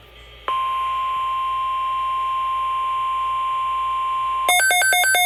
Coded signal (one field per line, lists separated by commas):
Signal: Emergency Alert System (SAME) tones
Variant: 1050 Hz attention tone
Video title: EAS Tornado Watch PA #401 WXL40 7/29/21 EAS#88